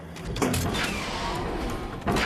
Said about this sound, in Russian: выскакивает на палубу катера, закрывает дверь.